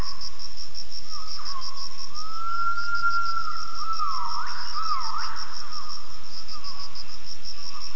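Gibbon call: a rising then level whistled tone swelling into a louder wavering phrase, over a steady pulsing insect buzz.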